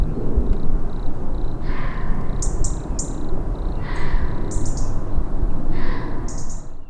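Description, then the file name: European robin giving thin, high-pitched call notes in short bursts, mixed with mid-pitched tones, over a loud low rumble. "Erithacus rubecula"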